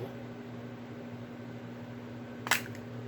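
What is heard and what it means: A child-resistant plastic cap on a minoxidil bottle is pushed with its arrows lined up until it pops open at 2.5 s with a sharp, bright snap, followed by a fainter tick around 2.7 s. A steady low hum runs underneath, and the cap comes free.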